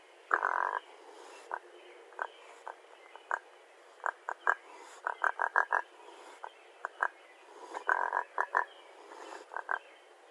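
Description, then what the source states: Raccoon chittering: short harsh tonal bursts in irregular runs, some bunched in quick groups of three or four, over a faint steady hiss. Recorded on 31 May 2012.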